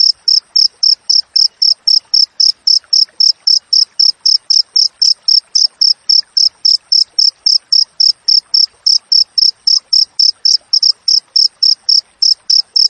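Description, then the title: Cricket chirp sequence: tightly spaced, piercing pulses about four per second, very regular and sustained from start to finish. Clear natural cricket chirping with tightly spaced chirps, used for training songbirds and for repelling rats. "Masteran Jangkrik Alam Jernih, Jeda Rapat Cocok Untuk Masteran Burung Dan Mengusir Tikus"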